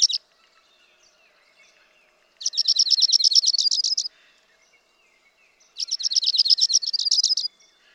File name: Dark-eyed Junco